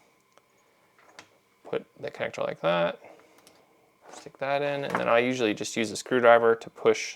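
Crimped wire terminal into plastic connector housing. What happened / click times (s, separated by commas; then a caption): Handled, not yet home: terminal not yet clicked into connector housing / none. A crimped wire terminal is being handled at a plastic connector housing, set in place and about to be pushed in with a screwdriver while someone talks. A few faint ticks and handling clicks sound between the speech. Nothing has seated or clicked into the housing yet.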